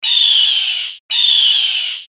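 Bird giving two harsh, raspy croaking squawks, each about a second long and fading toward the end, with a short gap between them.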